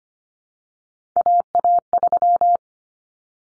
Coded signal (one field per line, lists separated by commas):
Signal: Morse code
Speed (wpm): 25 wpm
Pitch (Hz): 700 Hz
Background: none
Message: AA3